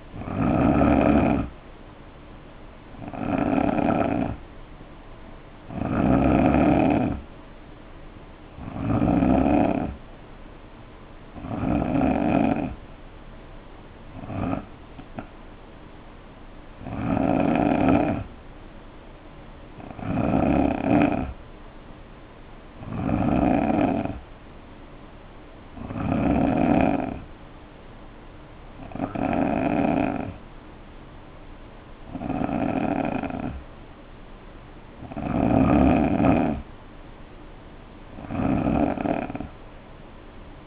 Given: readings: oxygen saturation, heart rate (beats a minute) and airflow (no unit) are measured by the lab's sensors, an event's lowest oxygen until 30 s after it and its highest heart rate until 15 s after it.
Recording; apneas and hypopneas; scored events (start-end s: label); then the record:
breathing in sleep by a voice recorder at the bedside; none
none scored
From the record:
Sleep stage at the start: N2 (light sleep); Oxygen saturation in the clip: 87 to 90%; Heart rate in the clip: 58 to 64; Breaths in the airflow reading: 14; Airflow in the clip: -4.4 to 3.0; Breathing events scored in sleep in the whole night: 520 in 7.2 hours asleep